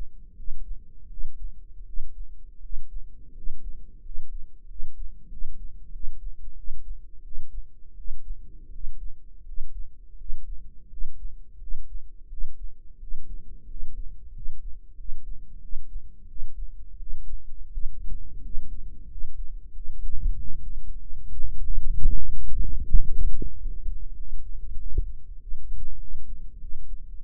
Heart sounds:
heart sounds by microphone in the right ear; 89 bpm
0.34 s: heartbeat
1.08 s: heartbeat
1.84 s: heartbeat
2.60 s: heartbeat
3.33 s: heartbeat
4.01 s: heartbeat
4.66 s: heartbeat
5.28 s: heartbeat
5.90 s: heartbeat
6.55 s: heartbeat
7.22 s: heartbeat
7.95 s: heartbeat
8.70 s: heartbeat
9.44 s: heartbeat
10.16 s: heartbeat
10.88 s: heartbeat
11.58 s: heartbeat
12.28 s: heartbeat
12.98 s: heartbeat
13.66 s: heartbeat
14.32 s: heartbeat
14.95 s: heartbeat
15.60 s: heartbeat
16.26 s: heartbeat
16.97 s: heartbeat
17.70 s: heartbeat
18.40 s: heartbeat
19.07 s: heartbeat
19.71 s: heartbeat
20.34 s: heartbeat
20.97 s: heartbeat
21.61 s: heartbeat
22.26 s: heartbeat
22.91 s: heartbeat
23.53 s: heartbeat
24.14 s: heartbeat
24.76 s: heartbeat
25.38 s: heartbeat
25.98 s: heartbeat
26.58 s: heartbeat
27.20 s: heartbeat
From the record:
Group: healthy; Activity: rest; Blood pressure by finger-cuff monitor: 90/52 mmHg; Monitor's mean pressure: 61 mmHg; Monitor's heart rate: 88 bpm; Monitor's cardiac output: 8.1 L/min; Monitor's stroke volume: 91 mL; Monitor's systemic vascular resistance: 540 dyn s/cm5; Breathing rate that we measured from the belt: 12 breaths a minute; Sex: male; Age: 23 years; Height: 179 cm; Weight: 87 kg

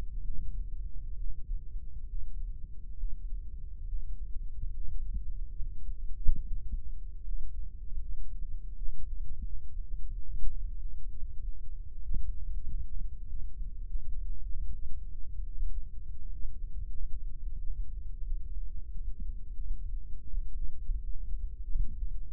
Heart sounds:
heart sounds by microphone in the right ear; 84 bpm
0.22 s: heartbeat
1.15 s: heartbeat
2.06 s: heartbeat
2.96 s: heartbeat
3.85 s: heartbeat
4.72 s: heartbeat
5.58 s: heartbeat
6.43 s: heartbeat
7.23 s: heartbeat
8.00 s: heartbeat
8.73 s: heartbeat
9.43 s: heartbeat
10.09 s: heartbeat
10.75 s: heartbeat
11.39 s: heartbeat
12.02 s: heartbeat
12.64 s: heartbeat
13.25 s: heartbeat
13.86 s: heartbeat
14.47 s: heartbeat
15.08 s: heartbeat
15.69 s: heartbeat
16.31 s: heartbeat
16.94 s: heartbeat
17.58 s: heartbeat
18.23 s: heartbeat
18.91 s: heartbeat
19.59 s: heartbeat
20.29 s: heartbeat
20.99 s: heartbeat
21.68 s: heartbeat
From the record:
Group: healthy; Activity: Valsalva maneuver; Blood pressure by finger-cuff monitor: 104/63 mmHg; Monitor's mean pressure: 76 mmHg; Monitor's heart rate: 81 bpm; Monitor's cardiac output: 6.4 L/min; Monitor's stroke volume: 81 mL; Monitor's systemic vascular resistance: 820 dyn s/cm5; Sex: female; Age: 22 years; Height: 160 cm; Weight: 63 kg

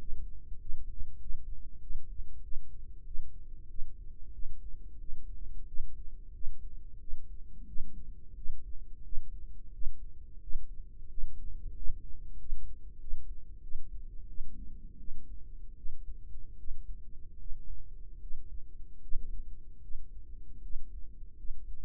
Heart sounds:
heart sounds by microphone in the right ear; 87 bpm
0.58 s: heartbeat
1.19 s: heartbeat
1.79 s: heartbeat
2.41 s: heartbeat
3.04 s: heartbeat
3.67 s: heartbeat
4.31 s: heartbeat
4.98 s: heartbeat
5.65 s: heartbeat
6.32 s: heartbeat
6.98 s: heartbeat
7.65 s: heartbeat
8.34 s: heartbeat
9.01 s: heartbeat
9.70 s: heartbeat
10.39 s: heartbeat
11.07 s: heartbeat
11.73 s: heartbeat
12.36 s: heartbeat
12.98 s: heartbeat
13.60 s: heartbeat
14.26 s: heartbeat
14.97 s: heartbeat
15.75 s: heartbeat
16.56 s: heartbeat
17.37 s: heartbeat
18.18 s: heartbeat
19.00 s: heartbeat
19.80 s: heartbeat
20.60 s: heartbeat
21.35 s: heartbeat
From the record:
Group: healthy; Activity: cold pressor test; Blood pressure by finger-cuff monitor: 109/57 mmHg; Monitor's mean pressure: 71 mmHg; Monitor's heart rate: 90 bpm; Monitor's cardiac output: 7.4 L/min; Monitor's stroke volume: 79 mL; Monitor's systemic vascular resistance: 680 dyn s/cm5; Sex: female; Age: 32 years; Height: 168 cm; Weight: 61.9 kg

